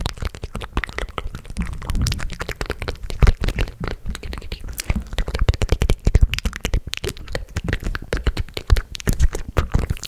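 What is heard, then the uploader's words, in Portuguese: Lots of mouth sounds: wet clicks, smacks and crackly pops packed tightly together for the whole ten seconds. The bursts come fast and irregularly at a fairly even loudness, with a low gurgling undertone around the two-second mark and a few sharper, louder clicks scattered throughout. ASMR TE CONTANDO ALTAS FOFOCAS (inaudível com sons de boca). Nesse ASMR te conto várias fofocas em inaudível e muitos sons de boca, extremamente arrepiantes.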